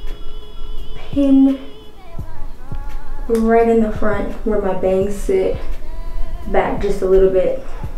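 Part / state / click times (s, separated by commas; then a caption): snap hair clip closing on hair / not seated / none. A small clickable snap hair clip is handled at the front of the head, where the bangs sit, about to be pressed closed over them. Someone talks throughout, with faint music in the background. Nothing has clicked or seated yet.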